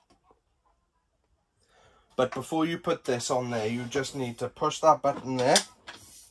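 In a 2021 Roller Team Auto Roller 746 motorhome, the release button on the fold-out support leg of a removable table is being pushed so the leg can lock at 90 degrees and act as a stand. After near silence with a faint tick at 0.1 s, someone talks from about 2.2 s to the end. Nothing has seated or clicked yet.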